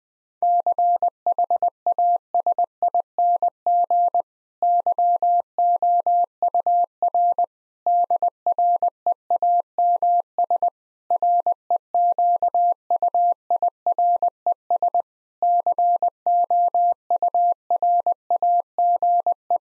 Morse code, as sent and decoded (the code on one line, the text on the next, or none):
-.-. .... .- ... .. -. --. / -.-- --- ..- .-. / -.. .-. . .- -- ... / .-. . --.- ..- .. .-. . ... / -.-. --- ..- .-. .- --. .
CHASING YOUR DREAMS REQUIRES COURAGE